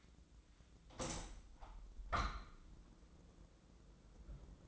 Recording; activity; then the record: daily activity, microphone in the room; open window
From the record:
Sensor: 3